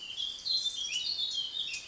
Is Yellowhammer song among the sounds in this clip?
no